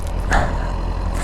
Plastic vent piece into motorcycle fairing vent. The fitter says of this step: it's flush in there but i didn't hear any snaps or anything you know like when it when you're when you get something in